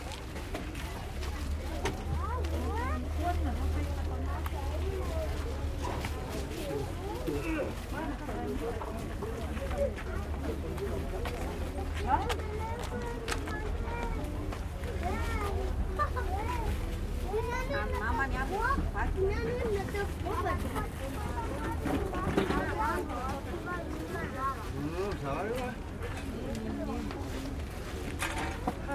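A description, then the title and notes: At a market in Antananarivo, many voices overlap in steady chatter, with no one voice standing out for long. A low engine rumble runs underneath throughout, and brief clicks and knocks surface now and then. Calm day at the market in Antananarivo. It's a slow start to the day at Andravoahangy market in Madagascar's capital. Sellers are unwrapping their wares and laying them out in little displays in their stalls. Recorded with Sony PCM D100.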